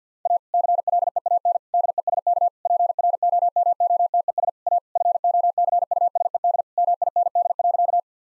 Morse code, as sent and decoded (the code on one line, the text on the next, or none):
.- / -.-. .-.. . .- -. / -.. . ... -.- / .--. .-. --- -- --- - . ... / .- / ..-. --- -.-. ..- ... . -.. / -- .. -. -.. .-.-.-
A CLEAN DESK PROMOTES A FOCUSED MIND.